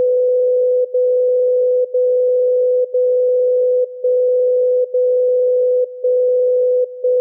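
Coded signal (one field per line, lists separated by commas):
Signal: radio time signal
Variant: DCF77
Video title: DCF 77 Time signal Mainflingen Germany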